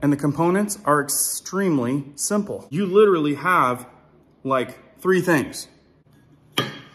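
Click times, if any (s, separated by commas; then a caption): 6.6 s. A Starlink dish mast is slid into its stand base socket while someone talks. After the talking stops, a sharp click at 6.6 s marks the mast locking into place in the base.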